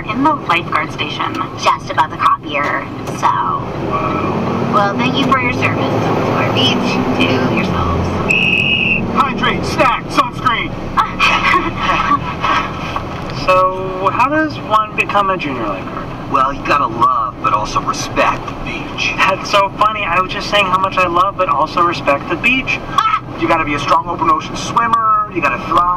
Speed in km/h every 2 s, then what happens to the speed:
20, 22, 33, 43, 50, 55, 59, 58, 59, 60, 60, 60, 62.
0-11 speeds up to 59. 11-26 steady at about 60.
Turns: none.